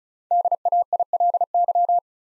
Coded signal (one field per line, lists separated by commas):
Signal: Morse code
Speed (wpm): 36 wpm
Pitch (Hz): 700 Hz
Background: none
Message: DAILY